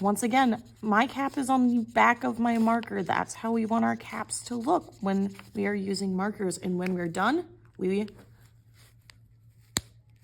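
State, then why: Seated. A plastic cap is pressed onto the tip of a felt marker after coloring. Someone talks for most of the clip, then after a short quiet a single sharp, loud click is heard at 9.8 s as the cap seats on the marker.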